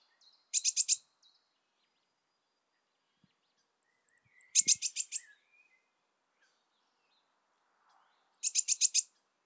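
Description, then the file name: Eurasian blue tit churring: three harsh buzzy rattles spaced a few seconds apart, the later ones introduced by a thin high whistle. "Cyanistes caeruleus"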